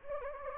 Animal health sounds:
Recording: mosquito wingbeat signal from an infrared sensor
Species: Anopheles gambiae

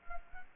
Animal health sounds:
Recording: mosquito wingbeat signal from an infrared sensor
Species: Culex quinquefasciatus

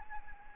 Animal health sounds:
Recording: mosquito wingbeat signal from an infrared sensor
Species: Anopheles arabiensis

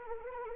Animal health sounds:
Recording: mosquito wingbeat signal from an infrared sensor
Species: Anopheles arabiensis

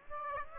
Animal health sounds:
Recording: mosquito wingbeat signal from an infrared sensor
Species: Aedes aegypti

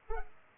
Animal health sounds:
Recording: mosquito wingbeat signal from an infrared sensor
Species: Culex pipiens

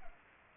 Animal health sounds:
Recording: mosquito wingbeat signal from an infrared sensor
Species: Culex pipiens

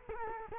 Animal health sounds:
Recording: mosquito wingbeat signal from an infrared sensor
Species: Culex quinquefasciatus

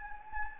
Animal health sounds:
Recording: mosquito wingbeat signal from an infrared sensor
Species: Anopheles gambiae

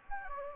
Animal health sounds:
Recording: mosquito wingbeat signal from an infrared sensor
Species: Anopheles gambiae

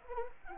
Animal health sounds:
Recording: mosquito wingbeat signal from an infrared sensor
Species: Anopheles arabiensis

